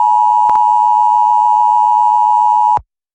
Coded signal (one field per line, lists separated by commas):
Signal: Emergency Alert System (SAME) tones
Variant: 853 and 960 Hz attention tone